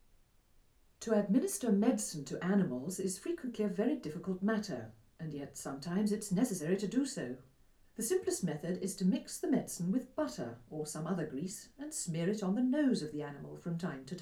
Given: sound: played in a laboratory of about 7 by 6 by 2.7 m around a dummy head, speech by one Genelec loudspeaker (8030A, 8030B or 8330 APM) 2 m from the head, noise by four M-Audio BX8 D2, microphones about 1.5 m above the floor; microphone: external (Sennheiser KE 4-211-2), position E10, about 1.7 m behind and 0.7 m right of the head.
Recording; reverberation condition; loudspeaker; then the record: female speech in English; low; 90 degrees to the right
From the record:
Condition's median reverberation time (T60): about 310 ms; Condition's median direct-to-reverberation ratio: about 3.5 dB